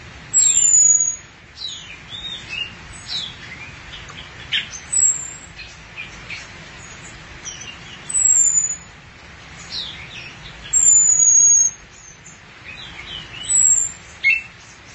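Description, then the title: Thrush song of thin high whistles repeated every few seconds, interspersed with soft varied chirps and slurred notes. "burung anis x"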